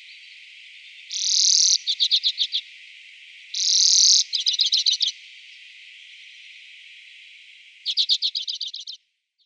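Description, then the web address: Common Redpoll song: twice a harsh buzzy rasp followed by a quick series of dry chattering notes, then after a pause a final chattering series, over a quiet hiss. "Schulze Peter Common Redpoll song"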